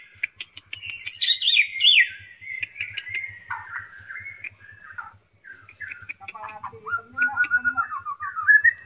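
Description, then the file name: White-rumped shama song, a continuous run of varied chirps, slurred whistles and descending notes, with faint low regular ticking underneath. Shama song imitating canary and kingfisher (tengkek) phrases, the 'tembakan' style. "murai batu tembakan kenari tengkek"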